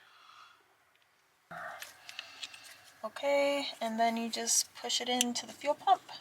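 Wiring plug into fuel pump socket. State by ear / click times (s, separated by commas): not seated / none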